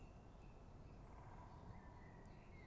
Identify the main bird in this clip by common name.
Great Spotted Woodpecker